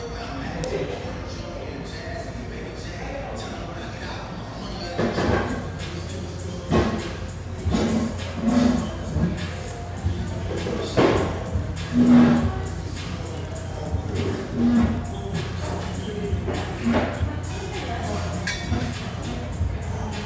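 Café chatter fills the clip, a steady murmur of overlapping voices with a low hum underneath. From about five seconds in, louder voices and clinks break through every second or two, with short tonal pings near 8, 12, 15 and 17 seconds.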